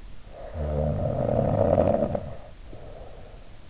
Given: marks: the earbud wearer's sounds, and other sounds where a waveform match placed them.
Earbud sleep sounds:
sounds in sleep by an in-ear microphone; snoring breath
0.19-3.56 s: snoring breath

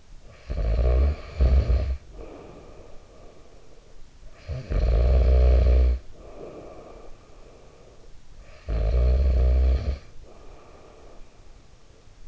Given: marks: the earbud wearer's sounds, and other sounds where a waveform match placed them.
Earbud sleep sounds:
sounds in sleep by an in-ear microphone; snoring breath
0.00-7.89 s: snoring breath
8.11-12.28 s: snoring breath

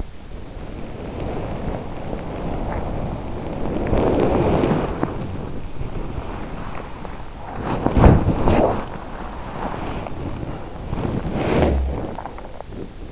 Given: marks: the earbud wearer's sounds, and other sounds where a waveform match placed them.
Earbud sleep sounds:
sounds in sleep by an in-ear microphone; body movement
0.00-13.12 s: body movement

